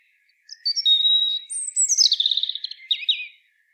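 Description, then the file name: European robin song phrase: a few pure high whistles, a steep downslurred note into a rapid buzzy trill, then two quick dipping chirps. "Erithacus rubecula"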